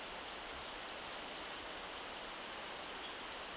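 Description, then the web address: Orange-crested flycatcher call notes: soft high notes building to two louder, sharp, very high chips, then a final short note, over faint hiss. Recorded in Ecuador. "S America Birds of Ecuador. Orange-Crested Flycatcher"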